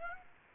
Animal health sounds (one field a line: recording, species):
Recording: mosquito wingbeat signal from an infrared sensor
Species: Aedes aegypti